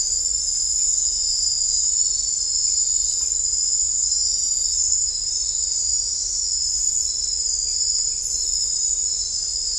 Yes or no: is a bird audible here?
no